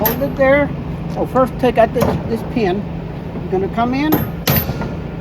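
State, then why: Released. During RV tear-down, the retaining pin is pulled and the spring bar lever on a trailer weight-distribution hitch bracket is worked while someone talks. At 4.5 s the lever releases and snaps open with a loud, sharp snap.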